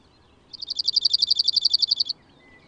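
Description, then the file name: Cirl bunting song, a dry rattling trill of rapid identical notes on one pitch, lasting under two seconds, with faint background hiss. "Bruant zizi"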